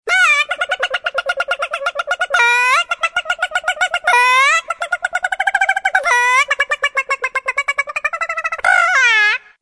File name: chicken